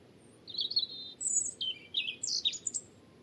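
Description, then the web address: European robin song: a high, thin phrase of varied warbles and slurred notes that jump up and down in pitch, over a steady low rumble. "Deverinetal 2025 File origin Bird Only Er Ru"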